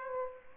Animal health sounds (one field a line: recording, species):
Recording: mosquito wingbeat signal from an infrared sensor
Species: Aedes aegypti